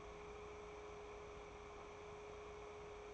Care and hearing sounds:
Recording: daily activity, microphone in the room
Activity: take from stove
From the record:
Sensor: 1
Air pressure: 1010.3 hPa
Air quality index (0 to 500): 171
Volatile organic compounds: 12 ppm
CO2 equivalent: 2361 ppm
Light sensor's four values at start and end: 63/159/67/85 and 64/161/68/86

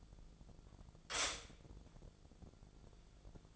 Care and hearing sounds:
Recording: daily activity, microphone in the room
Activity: stop toaster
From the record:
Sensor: 5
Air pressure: 1000.4 hPa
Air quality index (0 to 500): 130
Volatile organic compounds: 2 ppm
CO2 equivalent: 1026 ppm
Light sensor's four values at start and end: 78/183/78/84 and 78/182/77/83

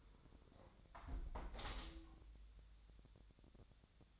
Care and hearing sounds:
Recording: daily activity, microphone in the room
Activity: close window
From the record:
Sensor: 3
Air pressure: 1014.9 hPa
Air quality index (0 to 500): 30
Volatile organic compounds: 1 ppm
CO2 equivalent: 530 ppm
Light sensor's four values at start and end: 10/23/9/9 and 10/23/9/9

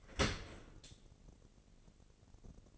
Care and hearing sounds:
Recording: daily activity, microphone in the room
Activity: open dishwasher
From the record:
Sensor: 4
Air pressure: 1013.2 hPa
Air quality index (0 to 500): 174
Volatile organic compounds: 2 ppm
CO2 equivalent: 1097 ppm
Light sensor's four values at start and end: 71/176/73/75 and 70/174/72/74

